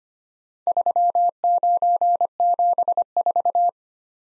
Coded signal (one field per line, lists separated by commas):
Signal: Morse code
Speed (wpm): 25 wpm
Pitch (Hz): 700 Hz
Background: none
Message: 3974